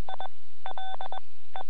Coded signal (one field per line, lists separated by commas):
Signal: Morse code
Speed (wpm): 21 wpm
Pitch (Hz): 3500 Hz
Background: none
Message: ILE